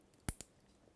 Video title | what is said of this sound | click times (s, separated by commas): Install an Intel LGA1150 or LGA1155 CPU Processor as Fast As Possible | there we go now we heard the click | 0.3 s